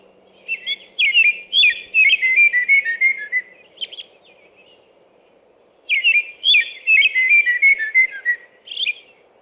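American robin song in two bouts separated by a pause, each a flowing series of clear whistled phrases that slide downward, ending with a higher squeaky note.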